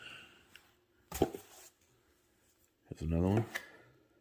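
A magnetic ball head from a Bulletpoint Mounting Solutions device-mount kit for a 2019 Ram is handled near its mounting arm socket while someone talks, with a faint tick at about 0.6 s. Nothing has seated or clicked yet; the clip ends just before the ball head goes home.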